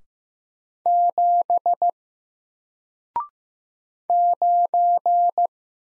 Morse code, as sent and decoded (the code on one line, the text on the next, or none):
--... / ----.
7 9